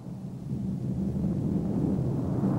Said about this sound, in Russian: Два немецких грузовика в сопровождении двух мотоциклов едут по дороге. Один грузовик взрывается.